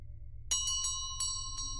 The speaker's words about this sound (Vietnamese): bên tai cô là tiếng chuông đồng len keng, nghe chối vô cùng.